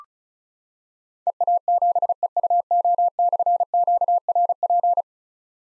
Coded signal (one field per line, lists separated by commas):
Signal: Morse code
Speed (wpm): 36 wpm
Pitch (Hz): 700 Hz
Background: none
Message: EA7EUO/QRP